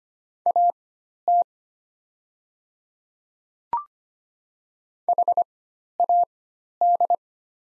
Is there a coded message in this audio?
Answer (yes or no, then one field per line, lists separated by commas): yes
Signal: Morse code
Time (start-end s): 0.5-7.2 s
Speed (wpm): 25 wpm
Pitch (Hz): 700 Hz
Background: none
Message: AT HAD